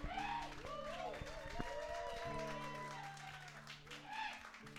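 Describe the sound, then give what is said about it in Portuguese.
A small group in São Paulo, Brazil claps steadily for about five seconds for a band and a band, the applause mixed with voices whooping and calling out over it. Fairly quiet overall, with a brief swell near the end. “Eles vão ouvir essas palmas.”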